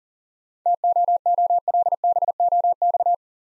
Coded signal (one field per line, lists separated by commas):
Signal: Morse code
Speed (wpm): 40 wpm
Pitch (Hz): 700 Hz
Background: none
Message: TOOLBOX